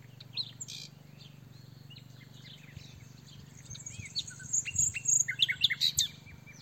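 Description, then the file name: Common nightingale singing, quiet varied notes building into a louder burst of rapid repeated high notes near the end, over a constant low hum. "Luscinia megarhynchos"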